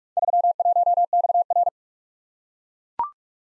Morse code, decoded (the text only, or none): 31XR